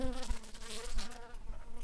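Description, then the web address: Shrill carder bee buzzing: a low droning hum with steady harmonic bands, briefly fluctuating in pitch, amid broad hissy noise. Worker bees. "Sylvarum workers"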